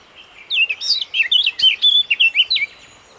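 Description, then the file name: Eurasian blackcap singing a fast, chattering warble of rapidly changing high notes for about two seconds, clear over a quiet background. "Sylvia atricapilla"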